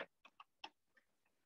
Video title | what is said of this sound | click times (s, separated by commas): Online Class: Grow Your Small Business with the Shot Box - Michaels | that you can pull up and snap into place | 0.6 s